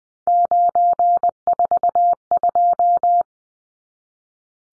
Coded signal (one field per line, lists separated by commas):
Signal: Morse code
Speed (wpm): 20 wpm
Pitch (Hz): 700 Hz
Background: none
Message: 942